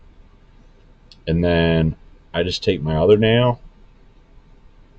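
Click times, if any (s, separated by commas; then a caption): none. A fingernail pushes a barrel retainer plate, or shoe clip, onto the tube of an AFX G Plus slot car chassis while someone talks. The expected snap does not come, and the clip has not seated or clicked yet.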